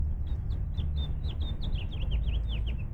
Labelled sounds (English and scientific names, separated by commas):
House Finch (Haemorhous mexicanus) song